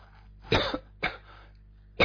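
A man coughs into a broadcast microphone: a run of short, harsh cough bursts in quick succession.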